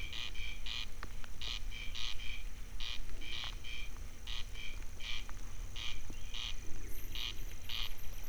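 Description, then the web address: Corncrake giving a grating, repeated two-part rasp, crex-crex, kept up evenly for the whole stretch, with faint dripping sounds and a low background hum. Wild corncrake in nature during light dripping rain. "haris premium arrebbfordulok madarak csepegoeso teresztenye"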